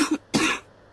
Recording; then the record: coughing mixed with background sound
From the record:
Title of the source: 64 coughing, allergies, singing lungs